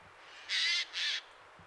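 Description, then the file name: Eurasian jay uttering a pair of loud, grating screeches separated by a brief pause, against a quiet background. "Garrulus glandarius"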